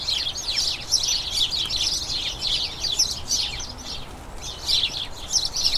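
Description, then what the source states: House sparrows giving a lively chorus of sharp chirps, several birds calling at once in bursts, with a brief slightly quieter spell near the end. About a dozen house sparrows, a colony, chattering incessantly in a small front garden as crocuses bloom, excitement signalling the colony turning toward the breeding season.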